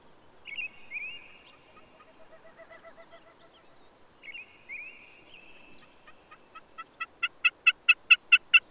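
Bird song: two slurred whistled phrases with soft rapid notes beneath, then a loud series of repeated notes that speeds up and swells.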